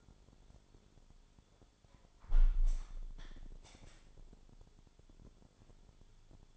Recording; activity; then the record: daily activity, microphone in the room; close window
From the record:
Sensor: 5